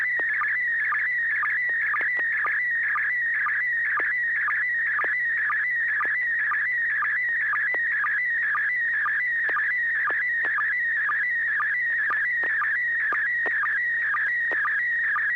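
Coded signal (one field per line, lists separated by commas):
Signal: SSTV (slow-scan television)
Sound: warbling, chirping tone shifting in pitch, with rhythmic low ticks twice a second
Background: steady low hum tone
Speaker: at least one building maybe two side by side with two different uh uh geez i can't name the architecture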